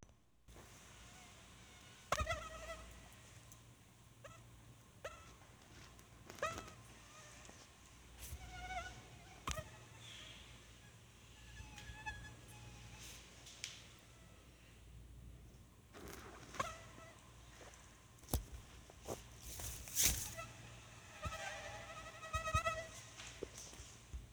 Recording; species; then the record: mosquito flight sound by mobile phone; Anopheles farauti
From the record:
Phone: Sony Xperia